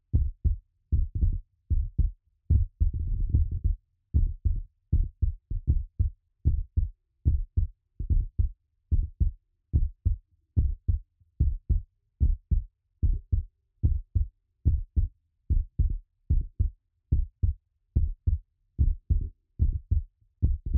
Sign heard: Heartbeat.